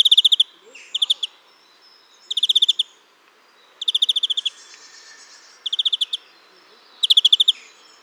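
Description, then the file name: European greenfinch uttering quick rattling trills of clicky notes in separate bursts roughly every one to two seconds, with faint high-pitched twittering behind. "Chloris chloris"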